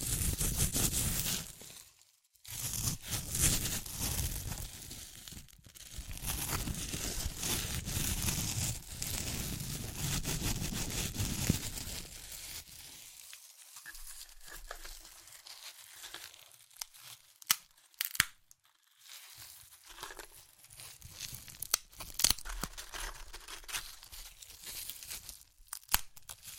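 Crunchy chips being crushed, with dense crackling and crinkling that runs almost without pause for the first twelve seconds apart from brief gaps near 2 and 5 seconds. After that the sound thins into separate crisp snaps and crunches, with short silences between them.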